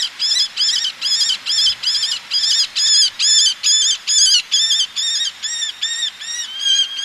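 Eleonora's falcon giving a regular series of harsh, squawking kek notes, roughly two per second, with a thin drawn-out whine near the end.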